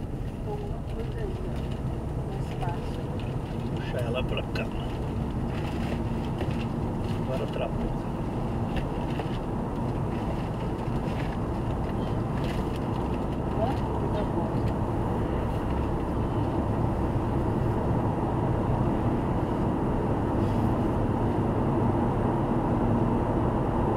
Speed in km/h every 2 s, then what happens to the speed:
44, 50, 55, 61, 65, 71, 74, 78, 82, 86, 89, 91.
0-24 speeds up to 91.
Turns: none.